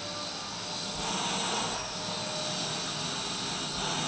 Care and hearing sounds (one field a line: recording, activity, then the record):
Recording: daily activity, microphone in the room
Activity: vacuum cleaning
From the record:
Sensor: 2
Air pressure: 1001.8 hPa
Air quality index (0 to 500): 248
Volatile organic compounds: 39 ppm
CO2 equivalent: 3130 ppm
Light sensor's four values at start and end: 8/28/11/10 and 8/27/10/10